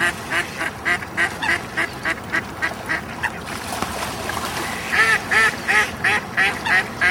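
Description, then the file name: Duck quacks repeated quickly, a brief lull midway, then a louder, more emphatic burst of quacks resuming the fast rhythm. "coincoin"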